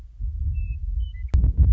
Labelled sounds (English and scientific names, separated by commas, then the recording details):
Western Meadowlark (Sturnella neglecta)
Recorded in Sonoma County, California